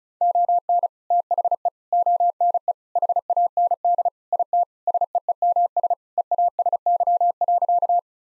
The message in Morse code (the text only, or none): ON THE ONE HAND IT SEEMS EASY.